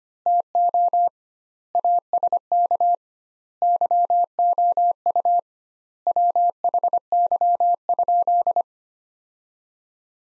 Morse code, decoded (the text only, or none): TO ASK YOU WHY?